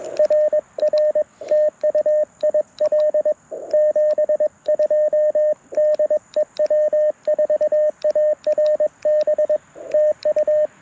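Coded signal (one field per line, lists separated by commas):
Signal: Morse code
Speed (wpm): 21 wpm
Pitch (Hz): 1800 Hz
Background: radio noise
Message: RR TU IL 72 DE W4ARB TU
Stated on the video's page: QRP Morse from a Parks on the Air activation on a Mountain Topper MTR4B with Bamatech paddles, ATU-10 tuner and PackTenna random wire.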